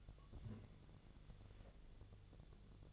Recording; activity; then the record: daily activity, microphone in the room; take from stove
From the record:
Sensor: 4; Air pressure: 1000.8 hPa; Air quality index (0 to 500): 127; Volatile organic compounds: 1 ppm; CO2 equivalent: 954 ppm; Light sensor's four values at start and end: 38/93/39/43 and 36/88/37/41